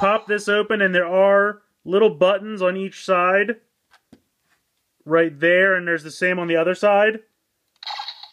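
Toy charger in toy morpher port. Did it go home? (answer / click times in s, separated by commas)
released / 7.8 s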